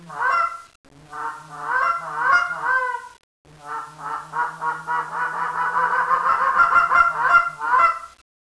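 Goose honking in harsh, nasal bursts, many calls run together in loud bouts separated by brief pauses.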